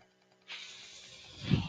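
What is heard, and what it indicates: After a half-second of near silence, a steady airy hiss begins and lasts over a second, ending with a low, puff-like rush of air. This is the sound of a mechanical ventilator pushing air during a breath.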